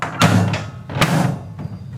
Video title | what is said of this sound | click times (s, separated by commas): Restoring a Cub Cadet LGTX1054 riding mower hood. First of its kind video on YouTube! | all you have to do is stick them in here and they just snap right into place | 0.2 s, 1.0 s